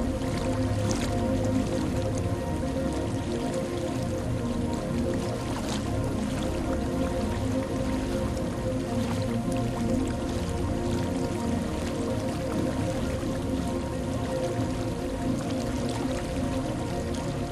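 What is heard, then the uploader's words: Water sloshes and churns steadily throughout, with a thick, low rumble and occasional brighter splashes, one near the start and another around six seconds. Underneath, held musical tones sit in the middle range, and the level stays even from start to finish. Water Wave Sound with background music.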